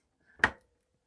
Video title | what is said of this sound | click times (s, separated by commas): I7 11700K Teardown & Transition to a Corsair iCUE 465X RGB Case | There we go. Or that click in place. | 0.4 s